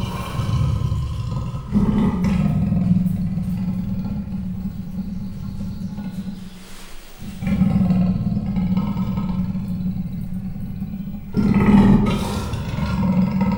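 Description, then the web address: Persian leopard growling: deep, rough rumbling held for several seconds at a time, with a short lull in the middle and a louder burst near the end. Captive animal at the zoo in Miskolc, recorded 2018. "perzsa leopard"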